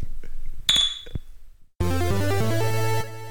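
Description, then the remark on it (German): Glasses of ouzo mixed with mustard clink together once in a toast, a bright high ring that fades over about a second, then steady music with a low, pulsing bass line starts up. “Was ist hier Prost auf Griechisch? Yamas.”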